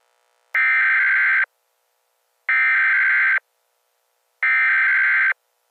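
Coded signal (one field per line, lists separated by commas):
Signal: Emergency Alert System (SAME) tones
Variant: header bursts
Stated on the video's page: Simulated EAS scenario: fictional tornado watch and warnings, not a real alert.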